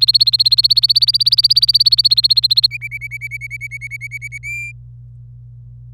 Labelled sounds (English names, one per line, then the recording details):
Domestic Canary song
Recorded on 26 April 2018 at 10:14
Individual llb3